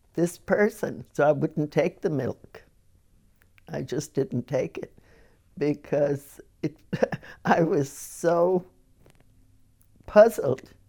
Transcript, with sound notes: this person, so I wouldn't take the milk. I just didn't take it because it, (she laughs) I was so puzzled